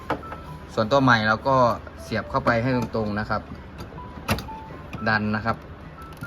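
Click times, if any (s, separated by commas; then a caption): none. A new color printhead for an HP Smart Tank 580 is being pushed down into its carriage slot while someone talks. Brief sharp sounds occur near 0.1 s and 4.4 s, but the printhead has not seated or clicked into its lock yet.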